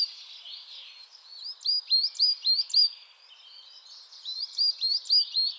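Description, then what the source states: Coal tit chattering in high, thin notes, each swept up then held briefly. Two runs of about five evenly spaced notes, with a soft twittering background between them. Coal tit described as chattering.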